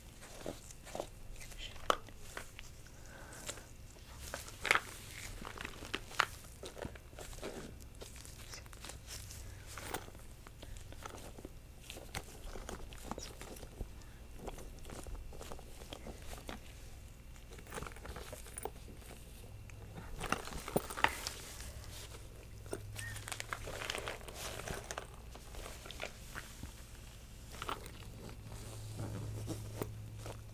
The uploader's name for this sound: Glove Sounds